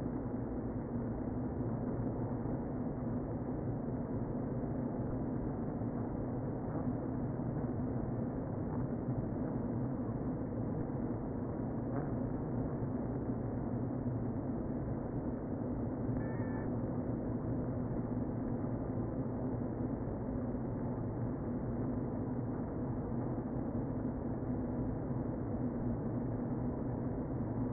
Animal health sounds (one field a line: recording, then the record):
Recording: honeybee colony, microphone inside the hive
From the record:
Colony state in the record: queen present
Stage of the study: before two queens were removed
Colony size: about 60,000 bees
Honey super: yes